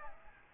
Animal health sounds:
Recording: mosquito wingbeat signal from an infrared sensor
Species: Aedes aegypti

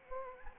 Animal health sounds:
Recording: mosquito wingbeat signal from an infrared sensor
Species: Anopheles gambiae

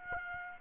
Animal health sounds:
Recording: mosquito wingbeat signal from an infrared sensor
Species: Aedes aegypti

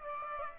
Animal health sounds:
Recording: mosquito wingbeat signal from an infrared sensor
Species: Aedes aegypti

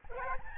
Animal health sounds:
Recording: mosquito wingbeat signal from an infrared sensor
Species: Aedes albopictus

